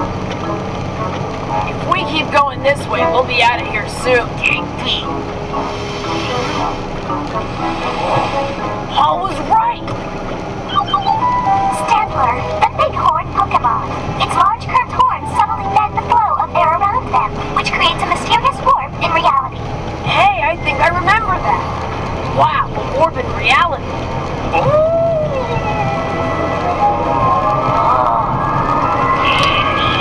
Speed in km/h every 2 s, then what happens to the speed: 90, 87, 84, 82, 82, 81, 82, 84, 86, 89, 91, 94, 98, 100, 100.
0-11 slows to 81. 11-30 speeds up to 100.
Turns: none.